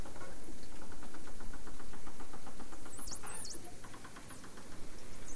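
Dolphin whistles, high wavering looping tones, alongside evenly spaced click trains against constant hiss.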